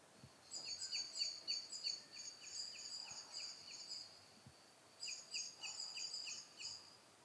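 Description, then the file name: Eurasian blackbird giving rapid series of sharp, high metallic chip notes, a long run, a brief pause, then another quick burst, with low background noise. "Turdus merula"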